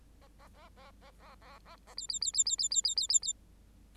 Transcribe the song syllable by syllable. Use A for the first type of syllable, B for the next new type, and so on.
A A A A A A A A A B B B B B B B B B B B